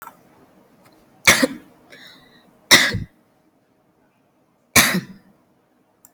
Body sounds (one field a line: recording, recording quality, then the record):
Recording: shallow voluntary cough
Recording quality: excellent, no background noise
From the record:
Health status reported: respiratory illness, not identified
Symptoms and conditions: cough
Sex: female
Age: 41 years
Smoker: not ticked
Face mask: worn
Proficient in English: yes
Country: India